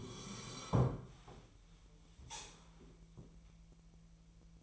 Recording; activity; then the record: daily activity, microphone in the room; sit down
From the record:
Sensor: 1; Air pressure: 1002.0 hPa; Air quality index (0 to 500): 246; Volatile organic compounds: 116 ppm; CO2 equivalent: 3852 ppm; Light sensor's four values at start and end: 11/26/11/12 and 11/26/11/12